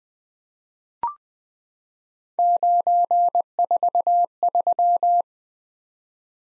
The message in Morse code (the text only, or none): 943